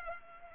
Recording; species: mosquito wingbeat signal from an infrared sensor; Culex pipiens